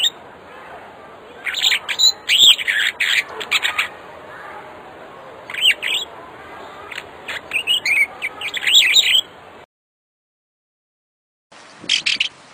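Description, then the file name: African starling song of chattering, squeaky and rasping notes in loose runs, broken by a short silence, then one more burst. "suara kicauan jalak afrika. omkicau"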